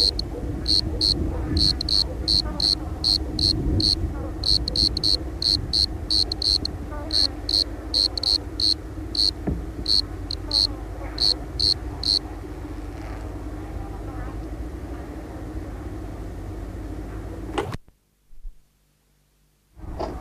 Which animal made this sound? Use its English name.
Bordeaux Cricket